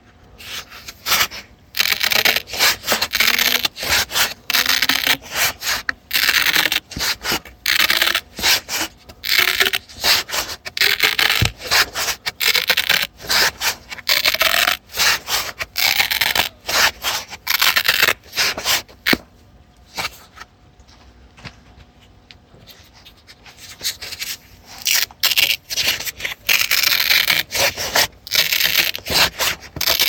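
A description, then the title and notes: Polystyrene pipes are torn open in dense, crunchy bursts of bright scraping and crackling, broken by short pauses, with a longer lull around twenty seconds. Rising, hollow sweeps run through the tearing as the open length changes, while a faint, steady low pool pump hum continues underneath. While insulating my mum’s aircon for the winter, I had to tear open polystyrene pipes. The birds were surprisingly quiet this morning. The crunchy sound is filtered by the length of the pipe remaining to open. In the background, you can faintly hear the swimming pool pump.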